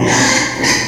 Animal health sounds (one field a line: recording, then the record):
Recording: squeal of a Yucatan mini pig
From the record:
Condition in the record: before surgery on the right vocal fold (resection and tissue-engineered implant)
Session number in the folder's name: 2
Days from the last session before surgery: 0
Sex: male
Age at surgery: 12 weeks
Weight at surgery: 13 kg